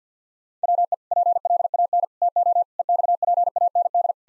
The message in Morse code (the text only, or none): WE PLAN TO EXPAND